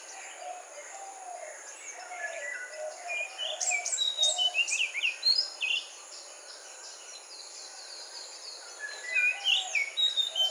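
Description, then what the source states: Magpie-robin singing varied whistled phrases with sliding, rising and falling notes. Recorded during a morning chorus.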